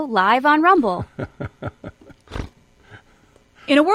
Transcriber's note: laughs